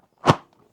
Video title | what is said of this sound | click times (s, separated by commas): RizzQi Upgraded Foldable Thickened Collapsible Stool | locks into place. | 0.3 s